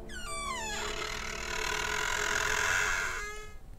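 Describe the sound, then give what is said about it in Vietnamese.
A door of a house creaks open in one long, drawn-out groan, its squeaky pitch sliding down at the start, holding steady, then rising again before it fades, with no voices. “Những cánh cửa cứ kêu lên như có ai đẩy ra vậy.”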